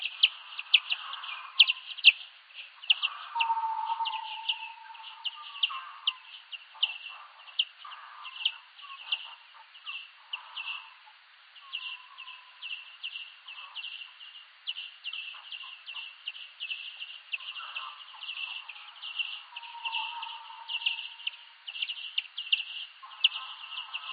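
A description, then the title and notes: Bats chatter without pause, a dense stream of rapid high chirps and ticks that keeps up across the whole recording. Lower, drawn-out squeaks and whistles slide in every few seconds beneath the chatter, and nothing else is heard. Roger Bats.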